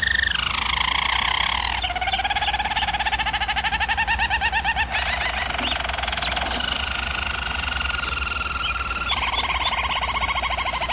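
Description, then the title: German Roller canary song, continuous rolling trills that step between pitches, dropping from a high opening to deeper pulsed tours; low steady hum. Canary training recording of German Roller canary song. "German Roller Canary Singing - Canary Training"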